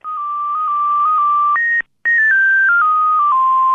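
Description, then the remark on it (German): A run of electronic telephone keypad tones, one steady beep stepping to the next with shifting pitches, broken by a brief silence midway, then continuing. Loud and clear, with no voices. “Hat die Mutter jetzt irgendwie die Taste gedrückt, dass er nicht mehr telefonieren darf?”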